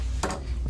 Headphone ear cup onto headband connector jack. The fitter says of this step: finally you click it in you can hear that perfect click